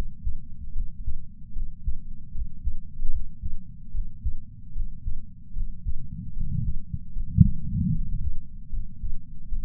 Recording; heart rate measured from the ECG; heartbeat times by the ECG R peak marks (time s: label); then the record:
heart sounds by patch sensor on the chest; 75 bpm
0.73 s: heartbeat
1.53 s: heartbeat
2.32 s: heartbeat
3.10 s: heartbeat
3.91 s: heartbeat
4.73 s: heartbeat
5.53 s: heartbeat
6.33 s: heartbeat
7.13 s: heartbeat
8.03 s: heartbeat
8.70 s: heartbeat
9.49 s: heartbeat
From the record:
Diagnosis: coronary artery disease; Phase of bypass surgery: intraoperative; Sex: male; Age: 69 years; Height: 165 cm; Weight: 60 kg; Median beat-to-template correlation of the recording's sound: 0.76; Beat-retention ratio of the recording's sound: 0.99